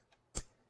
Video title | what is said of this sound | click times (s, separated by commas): Sun Mountain RC 1 Unboxing and Review! | and gets snapped back in place that holds the body rigid | 0.4 s